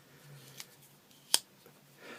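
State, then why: Seated. The hollow-ground blade of a new folding knife is worked by hand and snaps into its open or closed position against the handle lock or backspring. A faint tick comes at about 0.6 seconds, then a sharp metallic snap at 1.4 seconds over a low steady hum. The blade seats and snaps into place reasonably well.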